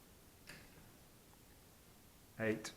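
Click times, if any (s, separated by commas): 0.5 s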